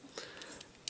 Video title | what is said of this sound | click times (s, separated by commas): Kyoryuger DX KYORYUZIN: EmGo's Super Sentai Reviews N' Stuff | like that take the Juden push it in it locks into place right there | 0.9 s